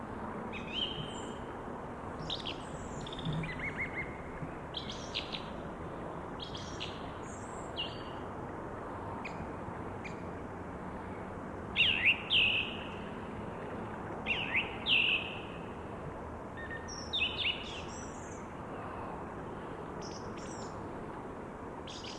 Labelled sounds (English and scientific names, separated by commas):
Song Thrush (Turdus philomelos) song